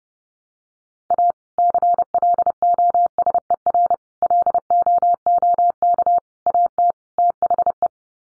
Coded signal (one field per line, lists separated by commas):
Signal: Morse code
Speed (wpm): 30 wpm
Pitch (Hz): 700 Hz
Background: none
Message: A CLOSER LOOK AT THE